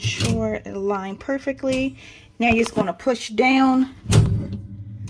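A pull-out cabinet organizer, 12.5 wide by 21 by 10, is handled as it is lined up on its base mount inside a cabinet, ready to be pressed down. Someone talks throughout, and a sharp knock is heard near the end. Nothing has seated or clicked yet.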